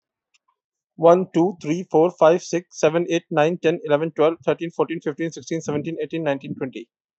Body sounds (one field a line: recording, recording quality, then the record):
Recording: counting at a fast pace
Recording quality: excellent, no background noise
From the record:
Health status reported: healthy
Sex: male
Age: 32 years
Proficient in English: yes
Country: India